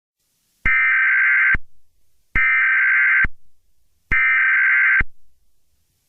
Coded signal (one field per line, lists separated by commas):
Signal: Emergency Alert System (SAME) tones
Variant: header bursts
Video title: LOW-LEVEL EAS BOUNCE V1.0.0 TEST